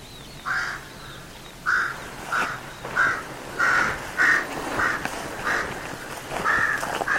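Bird calls: a series of harsh, nasal notes at uneven intervals, against steady background hiss.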